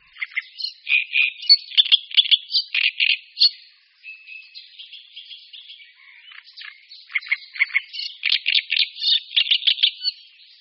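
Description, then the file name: Great reed warbler singing rasping, rhythmic chattering notes, a brief softer stretch, then another run of loud grating repeated phrases. "Rákosník-velký"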